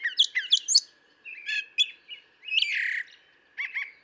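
Brown thrasher song: quick doubled sharp notes, then buzzy and slurred phrases, ending with a repeated pair of clipped notes.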